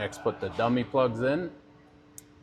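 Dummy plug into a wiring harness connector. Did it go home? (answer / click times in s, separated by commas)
yes / 2.2 s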